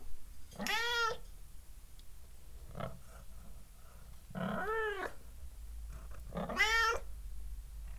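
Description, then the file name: Domestic cat giving three loud meows and one fainter call, over a steady low rumble in the background. Cat meowing close to the microphone. "Cat Meows Near The Microphone"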